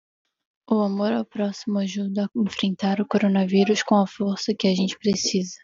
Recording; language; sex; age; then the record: spoken sentence; Brazilian Portuguese; female; 20 to 29 years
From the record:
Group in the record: control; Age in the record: 20 years